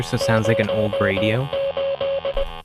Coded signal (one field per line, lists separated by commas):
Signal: Morse code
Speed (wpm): 19 wpm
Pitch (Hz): 550 Hz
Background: speech, music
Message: 08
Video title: Adrian Talens' Composer Livestream: Woten DX - Traveller's Dream [Nov.3-2022]